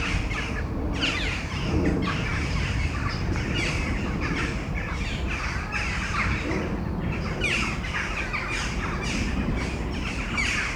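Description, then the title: Crows give a busy chorus of rasping caws, calls tumbling over each other without pause, set against a continuous low roar. Crows before a storm at Domaine de Tivoli, Mechelen, Belgium; Sony PCM-M10 internal microphones. "Domaine de Tivoli, Malines, Belgique, Belgium - Corneilles avant lorage - Crows before the storm"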